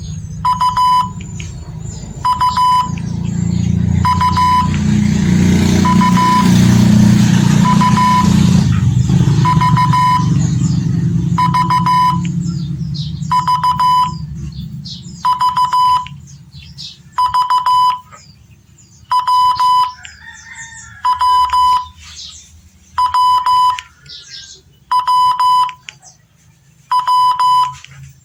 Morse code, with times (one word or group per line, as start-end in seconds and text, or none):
0.5-1.0 U
2.3-2.8 U
4.0-4.6 U
5.9-6.4 U
7.7-8.2 U
9.5-10.2 V
11.4-12.1 V
13.3-14.1 V
15.3-16.0 V
17.2-17.9 V
19.1-19.8 W
21.1-21.8 W
23.0-23.7 W
24.9-25.6 W
26.9-27.6 W